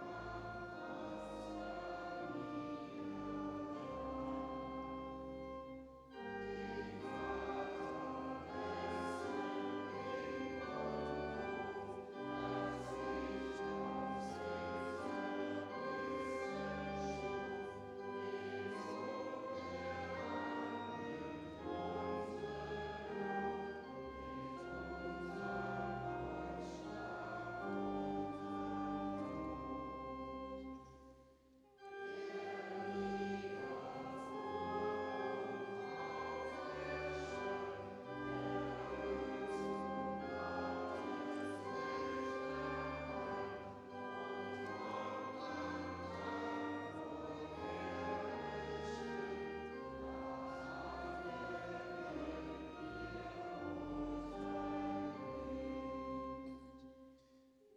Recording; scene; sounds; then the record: everyday scene through a hearing-aid microphone; reverberant space; music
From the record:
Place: church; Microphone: in the ear canal, right